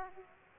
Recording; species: mosquito wingbeat signal from an infrared sensor; Aedes aegypti